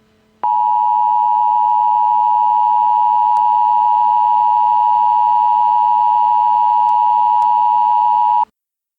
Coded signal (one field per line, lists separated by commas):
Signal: Emergency Alert System (SAME) tones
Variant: 853 and 960 Hz attention tone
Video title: EAS scenario #4: Super bowl massacre